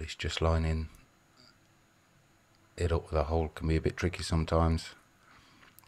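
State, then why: Seated. A spring bar is pushed by fingernail into the lug of a vintage Sebina watch case until its end drops into the lug hole. Someone talks, with a few faint ticks during the pause. A sharp click at 5.8 s marks the spring bar seating in the lug hole.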